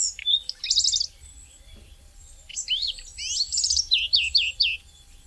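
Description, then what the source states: Common redstart song: short high phrases opening with a thin note and running into quick, bright twittering trills, two phrases a few seconds apart. Often seen in villages near people; migratory; the male has magnificent colours.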